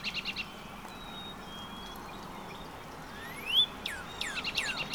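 Northern Cardinal song: a rising whistle, then several loud downslurred whistled notes near the end, with thin high whistles from another bird.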